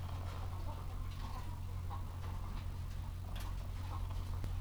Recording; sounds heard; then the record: poultry house recording; sick chickens (respiratory disease)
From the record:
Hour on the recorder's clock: 13